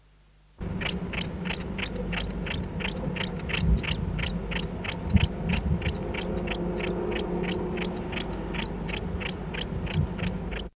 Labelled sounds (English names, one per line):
Common House Martin call